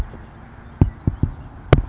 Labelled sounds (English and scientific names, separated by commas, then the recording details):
Savannah Sparrow (Passerculus sandwichensis)
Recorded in Sonoma County, California